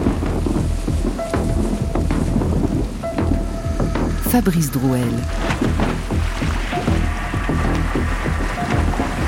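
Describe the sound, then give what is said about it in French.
A heavy storm at night: steady rain hisses over deep, rolling thunder rumbles, with a brief tonal creak midway and a voice speaking briefly over the downpour. “Il fait nuit noire, c'est la tempête.”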